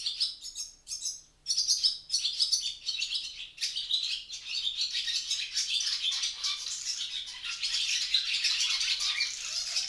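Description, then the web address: Barn swallow calls: a few separate sharp chirps open, then they build into continuous rapid high twittering. "ixoi Stavloxelidono"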